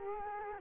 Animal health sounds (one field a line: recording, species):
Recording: mosquito wingbeat signal from an infrared sensor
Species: Culex quinquefasciatus